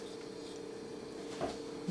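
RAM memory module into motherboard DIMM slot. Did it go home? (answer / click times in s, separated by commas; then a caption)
no / none. A RAM memory module, its contacts just cleaned, is being handled and lined up for reinsertion into a motherboard DIMM slot. A steady low hum with faint handling noise is heard, and a brief soft rustle near 1.4 seconds. The module has not seated or clicked yet.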